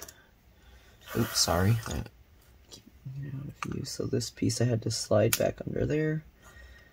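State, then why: Not seated. During a JB Weld repair of the faulty hinge design on a Lenovo IdeaPad 5 (15IIL05 / 15ITL05), a plastic case piece is handled so it can slide back under the edge of the laptop chassis. Someone talks over faint handling noises. Nothing has seated or clicked into place yet.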